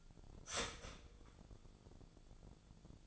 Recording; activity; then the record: daily activity, microphone in the room; start toaster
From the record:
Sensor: 5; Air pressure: 1000.3 hPa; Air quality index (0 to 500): 128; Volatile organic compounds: 2 ppm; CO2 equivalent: 1014 ppm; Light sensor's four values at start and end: 83/195/83/89 and 83/195/83/89